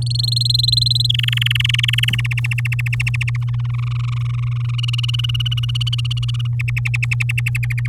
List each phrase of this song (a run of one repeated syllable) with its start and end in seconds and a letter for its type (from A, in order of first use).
0.02-1.07 A, 1.09-2.16 B, 2.18-3.37 C, 3.41-4.75 D, 4.78-6.47 E, 6.59-7.88 F